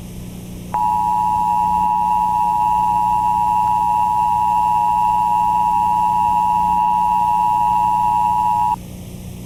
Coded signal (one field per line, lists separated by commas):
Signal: Emergency Alert System (SAME) tones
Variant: 853 and 960 Hz attention tone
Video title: The EAS alarm for.... Nothing???